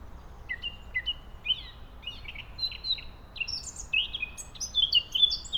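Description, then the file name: Eurasian blackcap warbling song, with muted twittery notes that build into louder, clear fluted phrases, over a constant low rushing noise. "Sylvia atricapilla"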